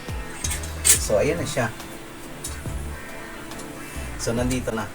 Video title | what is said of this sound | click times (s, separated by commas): FIX VALVE, TAMANG PAGTANGGAL AT PAG KABIT sa Footpump airgun repair #footpumprepair | Konti pa yun. Nag-lock na. | 0.5 s